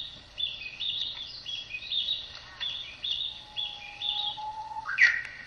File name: キビタキの囀り